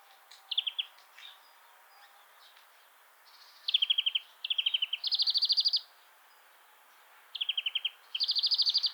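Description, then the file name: European greenfinch singing rapid trills at two pitch levels, the higher trill following the lower, repeated in short phrases with brief pauses. "Chloris chloris"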